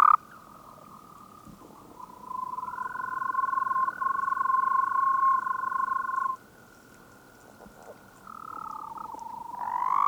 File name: Anaxyrus microscaphus